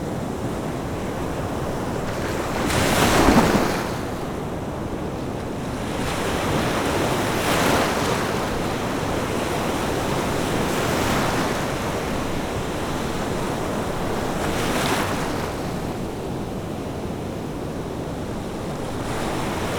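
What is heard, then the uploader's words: Small waves crash and wash in a steady rhythm, with a louder break near three seconds and softer surges about every three to four seconds after. A continuous low rumble of surf and some wind buffeting fill the gaps between breaks. Small Crashing Waves.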